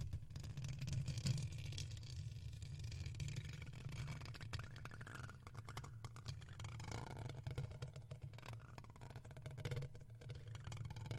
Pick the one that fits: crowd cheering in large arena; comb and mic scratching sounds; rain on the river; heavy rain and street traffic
comb and mic scratching sounds